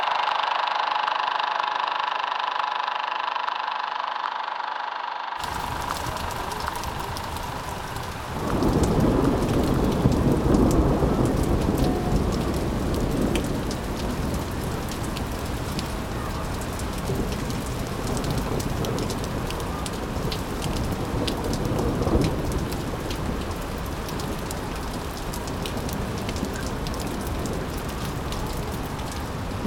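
After a brief muffled opening, steady heavy rain hisses continuously while deep rumbles of thunder roll in and swell, then fade back under the downpour. No one speaks.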